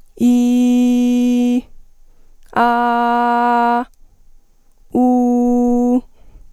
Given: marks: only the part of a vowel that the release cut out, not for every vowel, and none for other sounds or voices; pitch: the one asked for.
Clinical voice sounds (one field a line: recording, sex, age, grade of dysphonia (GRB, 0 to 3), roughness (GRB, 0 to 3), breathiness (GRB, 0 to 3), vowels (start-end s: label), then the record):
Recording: sustained vowels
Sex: female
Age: 20 to 29 years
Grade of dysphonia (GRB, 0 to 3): 0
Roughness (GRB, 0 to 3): 0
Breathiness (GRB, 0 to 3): 0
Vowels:
0.30-1.48 s: vowel /i/, high pitch
2.66-3.70 s: vowel /a/, high pitch
5.04-5.89 s: vowel /u/, high pitch
From the record:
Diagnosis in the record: healthy voice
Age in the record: 20 years